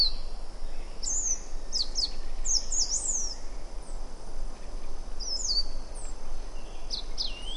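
White-naped brushfinch giving sharp, very high thin whistled notes in small groups with pauses between them, against constant heavy low hiss and rumble.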